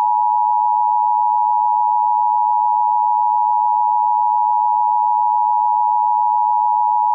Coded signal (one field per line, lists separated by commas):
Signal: Emergency Alert System (SAME) tones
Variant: 853 and 960 Hz attention tone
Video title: EAS Classic: Angry EAS (with original sounds)